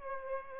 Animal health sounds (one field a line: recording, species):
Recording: mosquito wingbeat signal from an infrared sensor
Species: Aedes aegypti